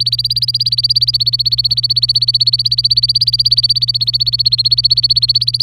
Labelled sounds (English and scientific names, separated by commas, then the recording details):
Domestic Canary (Serinus canaria) song
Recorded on 25 April 2018 at 11:54
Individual llb3